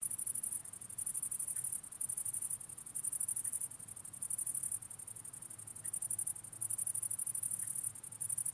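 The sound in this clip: Grasshopper stridulating in a high, dry hiss broken into bursts about a second long, separated by brief gaps.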